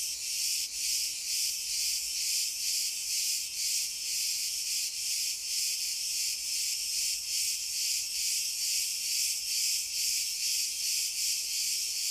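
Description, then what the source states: Many cicadas producing a bright, hissing buzz that throbs in quick regular pulses throughout, with no other clear sounds. Cicadas calling in pine trees.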